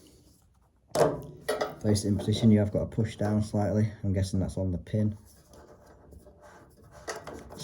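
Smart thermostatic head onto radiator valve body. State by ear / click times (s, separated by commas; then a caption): seated / 7.1 s, 7.3 s. A smart thermostatic head is placed on a radiator valve body and pushed down slightly while someone talks. After the talking, faint rubbing leads to sharp clicks at 7.1 s and 7.3 s as the head clicks on and seats onto the valve.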